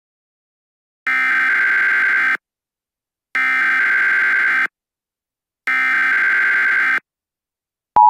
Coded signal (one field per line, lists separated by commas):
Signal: Emergency Alert System (SAME) tones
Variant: header bursts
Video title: CODE 7- EAS Scenario